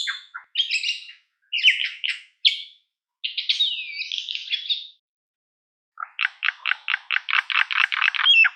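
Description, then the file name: Common myna giving harsh chattering notes and short gurgles, a pause, then a fast run of clicking rattle notes ending in a brief whistle. "martin triste"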